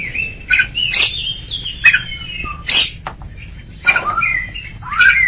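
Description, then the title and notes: Greater green leafbird song: varied slurred whistles and short harsh notes, delivered in uneven bursts with brief pauses between phrases. Champion singing bird, known locally as cucak ijo. "Kicau Burung Cucak Ijo Juara. Suara kicauan burung cucak ijo"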